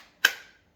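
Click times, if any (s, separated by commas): 0.2 s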